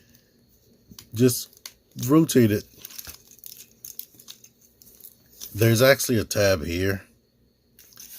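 Someone talks while handling a Transformers Studio Series 68 Leadfoot plastic action figure during transformation, rotating a part so a plastic tab can be pushed into its mating slot. Short, light plastic taps and rattles are heard around 1.0, 2.9, 3.0, 3.5, 3.9, 4.0 and 4.3 seconds. The clip ends before the tab goes home, so nothing has seated or clicked into place yet.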